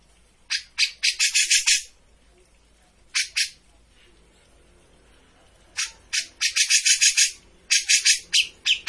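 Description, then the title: Grey-cheeked bulbul giving clusters of harsh rapid notes separated by quiet gaps. Bird-training master of a persistently singing (gacor) bird. "Cucak Jenggot Gacor. Masteran burung cucak jenggot ! Suaka burung"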